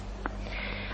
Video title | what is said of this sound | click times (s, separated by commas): Bebe confort Windoo | and then what you need to make sure is so what I've done is locked that off you'll hear a click | 0.3 s